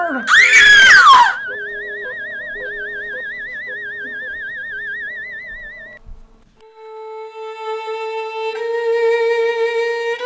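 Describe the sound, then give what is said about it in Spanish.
A loud, shrill scream bursts out for about a second, then gives way to eerie warbling electronic tones and finally a steady, swelling musical chord. “Con este grito termina el tercer episodio de la radionovela interactiva de La Enredadera.”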